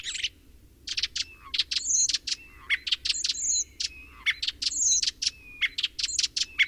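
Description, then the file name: Common starling song: rapid clicks and rattles mixed with high sliding whistles, a busy chattering medley with faint low background rumble. Recorded in spring. "kuldnokk"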